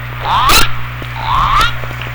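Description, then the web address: Killer whale pulsed calls, two rising buzzy tones each ending in a sharp upward burst, over about two seconds with steady low hum and underwater noise. Southern Resident killer whale, call type S31. "SRKW Orca Calls S 31"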